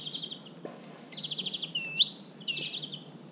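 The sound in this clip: Great tit calls: a soft buzzy rattle, then a louder rattling churr leading into bright, steeply rising whistled notes near the end.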